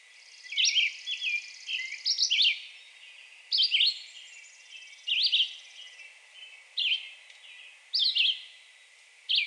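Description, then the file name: Red-eyed Vireo song: short slurred whistled phrases given in bursts with brief pauses, with a faint high buzzing behind. Recorded 2 June 2020. "2020-06-02 Red-eyed Vireo"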